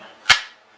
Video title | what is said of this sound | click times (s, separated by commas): DT's Ambidextrous Kydex IWB Holsters | and what we're going to look for is an audible click | 0.3 s